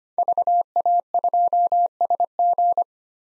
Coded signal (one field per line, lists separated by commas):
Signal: Morse code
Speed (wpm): 25 wpm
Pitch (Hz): 700 Hz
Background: none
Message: VA2SG